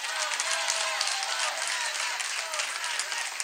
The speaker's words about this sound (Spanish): Un aplauso a los maestros de Mérida.